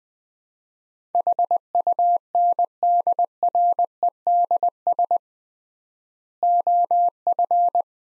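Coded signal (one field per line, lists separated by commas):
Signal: Morse code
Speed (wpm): 20 wpm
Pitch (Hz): 700 Hz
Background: none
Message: HUNDREDS OF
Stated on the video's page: Morse practice of four-word sets at 20 wpm with 3x word spacing, a Farnsworth-like method applied to words, for head-copying.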